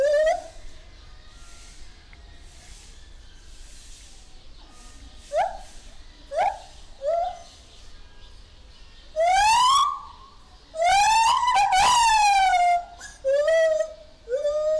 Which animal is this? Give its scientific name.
Hylobates lar